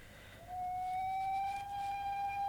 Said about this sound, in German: Was pfeift denn da? Ah, drüben ist der Nordbahnhof.